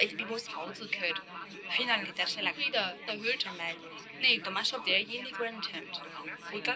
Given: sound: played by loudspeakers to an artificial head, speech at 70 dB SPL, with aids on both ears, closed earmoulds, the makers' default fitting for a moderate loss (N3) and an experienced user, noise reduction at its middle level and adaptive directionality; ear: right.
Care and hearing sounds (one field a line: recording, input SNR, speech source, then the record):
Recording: speech test signal (ISTS) in cocktail-party noise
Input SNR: -3 dB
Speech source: on the right (90 degrees)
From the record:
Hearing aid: class 2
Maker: I